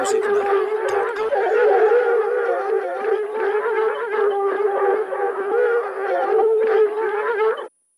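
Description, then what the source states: Dogs in a pack barking and baying together, a dense continuous chorus of overlapping tonal howls and yelps that stops abruptly near the end. Pack of hounds barking.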